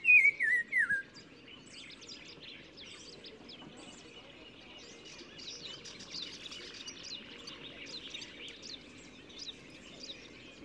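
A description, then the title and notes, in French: Many birds sing in the hedges and bushes of village gardens in spring. A loud call sweeps downward in the first second, then a dense chorus of thin chirps and trills continues steadily over a soft low rumble. Au printemps dans les jardins qui entourent le village de Zaouit Massa à l'embouchure de l'Oued Massa de nombreux oiseaux chantent dans les haies et buissons. Le Téléphone tchagra (Tchagra senegalus - Black-crowned Tchagra) qui se fait remarquer par sa phrase répétée du plus bel effet.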